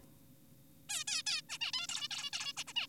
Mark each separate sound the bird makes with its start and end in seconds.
0.89-1.04, 1.08-1.22, 1.27-1.42, 1.49-1.58, 1.61-1.72, 1.74-1.87, 1.89-2.08, 2.11-2.30, 2.33-2.53, 2.58-2.64, 2.68-2.73, 2.76-2.87